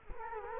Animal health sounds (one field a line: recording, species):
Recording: mosquito wingbeat signal from an infrared sensor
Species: Culex quinquefasciatus